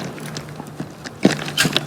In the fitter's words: You can hear them snap into place like that.